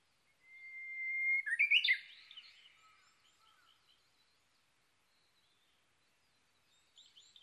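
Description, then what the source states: Japanese bush warbler song, a sustained even whistle breaking into a sharp tumbling phrase, followed by quiet and a few faint chirps at the end. Recorded 22 May 2011 at 05:58.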